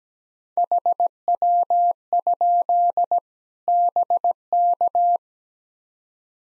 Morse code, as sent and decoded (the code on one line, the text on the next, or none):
.... .-- ..--.. / -... -.-
HW? BK